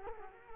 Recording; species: mosquito wingbeat signal from an infrared sensor; Culex quinquefasciatus